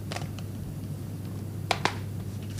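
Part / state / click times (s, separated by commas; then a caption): helmet attachment into its mount / seated / 1.7 s, 1.9 s. A helmet attachment with a hook, two pins and three magnets is pushed into its mount, giving two sharp clicks at 1.7 s and 1.9 s after a few faint ticks and over a steady low hum. It locks in place and is called very strong and sturdy.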